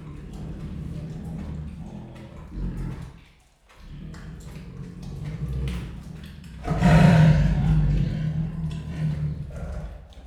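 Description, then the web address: Siberian tiger growls in uneven bouts, a short silence near three and a half seconds, then a loud, harsh rasping growl from about seven seconds. Growling and rasping while eating; recorded at Miskolc Zoo in 2018. "allathangok miskolcizoo 2018 professzionalis sziberiai tigris morogvahorogveesznek miskolczoo"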